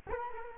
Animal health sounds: mosquito wingbeat signal from an infrared sensor; Culex quinquefasciatus

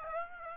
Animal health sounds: mosquito wingbeat signal from an infrared sensor; Aedes aegypti

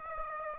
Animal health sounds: mosquito wingbeat signal from an infrared sensor; Aedes aegypti

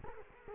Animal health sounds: mosquito wingbeat signal from an infrared sensor; Culex quinquefasciatus

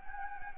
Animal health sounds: mosquito wingbeat signal from an infrared sensor; Anopheles gambiae

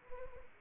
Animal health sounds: mosquito wingbeat signal from an infrared sensor; Anopheles arabiensis

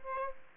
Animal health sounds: mosquito wingbeat signal from an infrared sensor; Aedes aegypti

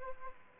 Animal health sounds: mosquito wingbeat signal from an infrared sensor; Aedes aegypti

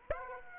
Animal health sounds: mosquito wingbeat signal from an infrared sensor; Aedes aegypti

